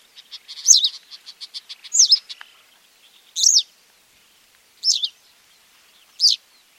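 Western yellow wagtail calls, high sharp slurred notes given singly about every one and a half seconds, after a faster run of soft chips at the start.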